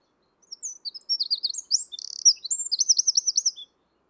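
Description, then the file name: Eurasian wren song, a single rapid high-pitched phrase of varied chirps, a brief buzzy rattle, then a run of quick repeated trilled notes. "Troglodytes troglodytes"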